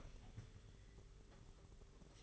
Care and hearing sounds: daily activity, microphone in the room; open fridge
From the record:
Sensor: 4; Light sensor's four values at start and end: 20/67/25/25 and 20/65/24/24

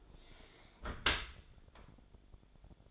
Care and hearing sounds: daily activity, microphone in the room; close dishwasher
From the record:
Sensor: 5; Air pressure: 1006.8 hPa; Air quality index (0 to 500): 186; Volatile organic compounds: 5 ppm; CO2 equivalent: 1777 ppm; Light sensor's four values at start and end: 53/149/58/59 and 53/146/58/58

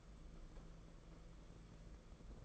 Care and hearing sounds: daily activity, microphone in the room; take from stove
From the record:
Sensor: 5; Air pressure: 992.1 hPa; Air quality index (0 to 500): 210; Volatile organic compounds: 1000 ppm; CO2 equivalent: 6077 ppm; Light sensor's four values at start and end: 6/14/5/6 and 6/14/5/6

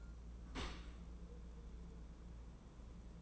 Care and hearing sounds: daily activity, microphone in the room; open dishwasher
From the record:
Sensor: 1

